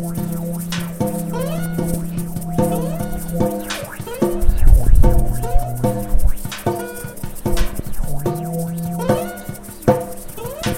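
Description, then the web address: Several goats bleating over one another in a steady chorus of nasal, quavering cries, some low and sustained, with scattered knocks and rustling. "goats"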